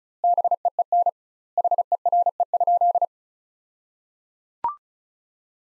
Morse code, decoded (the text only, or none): BEEN HERE?